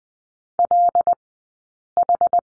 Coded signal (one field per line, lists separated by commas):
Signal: Morse code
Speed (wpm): 20 wpm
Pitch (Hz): 700 Hz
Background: none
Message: LH